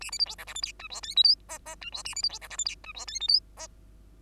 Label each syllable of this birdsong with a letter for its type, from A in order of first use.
A B C D E F G H I J K L M N N I J A B C D E F G H I J K L M N